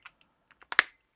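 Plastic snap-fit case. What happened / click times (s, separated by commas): Plastic case half snapped onto the controller / 0.7 s, 0.8 s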